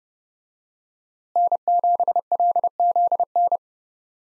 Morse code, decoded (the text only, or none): N7LZN